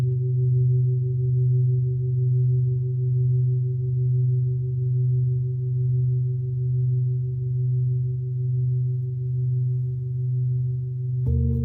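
A Tibetan singing bowl hums with a deep, steady low drone and a fainter higher ring above it, holding nearly unchanged for about eleven seconds. The tone pulses in a gentle, regular waver. Near the end a brief knock interrupts and the pitch shifts.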